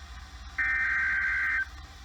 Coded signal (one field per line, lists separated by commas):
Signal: Emergency Alert System (SAME) tones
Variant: header bursts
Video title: There's More Floodz...EAS Alerts From August 13, 2020 (EAS #358-364)